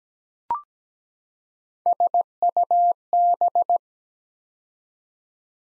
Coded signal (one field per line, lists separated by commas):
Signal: Morse code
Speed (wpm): 17 wpm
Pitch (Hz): 700 Hz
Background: none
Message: SUB